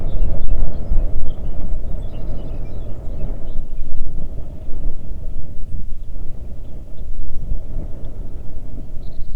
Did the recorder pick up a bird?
yes